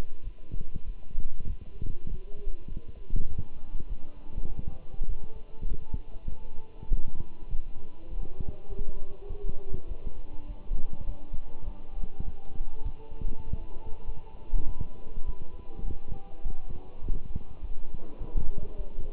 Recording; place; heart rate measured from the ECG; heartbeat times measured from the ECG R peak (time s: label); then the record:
heart sounds by stethoscope; between the tricuspid and mitral areas; 100 bpm
0.24 s: heartbeat
0.87 s: heartbeat
1.48 s: heartbeat
2.09 s: heartbeat
2.69 s: heartbeat
3.29 s: heartbeat
3.89 s: heartbeat
4.48 s: heartbeat
5.08 s: heartbeat
5.68 s: heartbeat
6.29 s: heartbeat
6.90 s: heartbeat
7.50 s: heartbeat
8.10 s: heartbeat
8.69 s: heartbeat
9.29 s: heartbeat
9.88 s: heartbeat
10.48 s: heartbeat
11.06 s: heartbeat
11.65 s: heartbeat
12.24 s: heartbeat
12.84 s: heartbeat
13.45 s: heartbeat
14.06 s: heartbeat
14.67 s: heartbeat
15.26 s: heartbeat
15.85 s: heartbeat
16.44 s: heartbeat
17.02 s: heartbeat
17.61 s: heartbeat
18.19 s: heartbeat
18.77 s: heartbeat
From the record:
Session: walking at 3.7 km/h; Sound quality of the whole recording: good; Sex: male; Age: 24 years